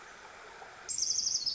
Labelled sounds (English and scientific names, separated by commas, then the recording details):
Pacific Wren (Troglodytes pacificus)
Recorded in Sonoma County, California